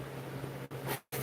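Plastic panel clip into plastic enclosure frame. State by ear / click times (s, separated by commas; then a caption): not seated / none. A plastic panel clip is being pressed with moderate pressure into a plastic enclosure frame to snap the parts together. A steady low hum and broadband noise are heard, with a brief dip near 0.7 s and a near-silent gap around 1.0–1.1 s. Nothing has seated or clicked yet.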